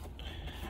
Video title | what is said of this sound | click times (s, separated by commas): How To Install Radar Detector. 2021-2024 Tesla Model S. Full Installation. | and you see how they snap into place | 0.2 s